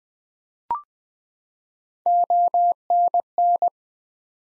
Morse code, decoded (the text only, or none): ONN